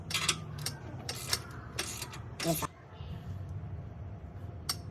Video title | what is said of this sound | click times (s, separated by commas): MBRP 2019 Ford Ranger Exhaust Install - Auto 2 12/19 | Right there, we start our click. | 4.7 s